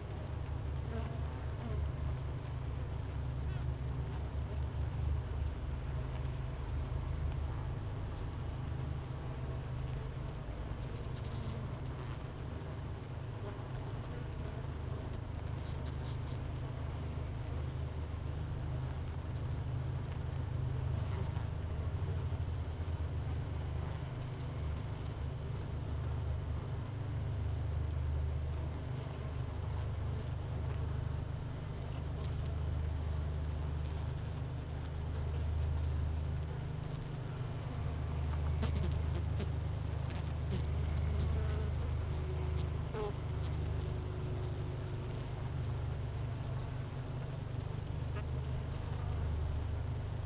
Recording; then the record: honeybee colony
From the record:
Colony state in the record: missing queen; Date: 31 May 2018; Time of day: 10:05